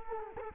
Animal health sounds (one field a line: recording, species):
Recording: mosquito wingbeat signal from an infrared sensor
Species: Culex quinquefasciatus